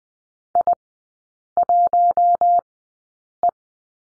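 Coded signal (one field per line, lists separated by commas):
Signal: Morse code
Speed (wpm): 20 wpm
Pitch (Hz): 700 Hz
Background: none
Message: I1E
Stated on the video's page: Morse code course lesson at Farnsworth speed 20/10 wpm.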